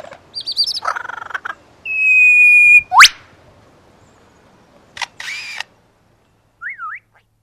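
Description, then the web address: Superb lyrebird song, a varied medley of whistles, buzzy trills, a long steady tone, a sharp upward sweep and a looping whistled phrase, separated by pauses of up to about two seconds. "earth naturelibrary assets s su superb lyrebird"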